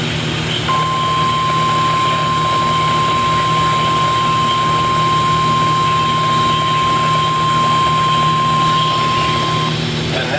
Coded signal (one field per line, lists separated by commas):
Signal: Emergency Alert System (SAME) tones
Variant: 1050 Hz attention tone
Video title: PURE MAYHEM 4: Part 3 | EAS Alerts from 7/17/24 | EAS#1,014-1,050